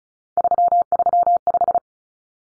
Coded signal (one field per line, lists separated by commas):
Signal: Morse code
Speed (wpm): 34 wpm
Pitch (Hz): 700 Hz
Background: none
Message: 335